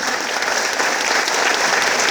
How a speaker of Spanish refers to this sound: Me dan fuerte aplauso, por favor.